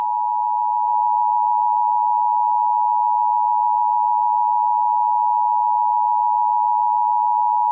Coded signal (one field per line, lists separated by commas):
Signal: Emergency Alert System (SAME) tones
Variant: 853 and 960 Hz attention tone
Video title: EAS scenario 25: Mickey error 6: The Return of Mickey error: Wait it’s not over yet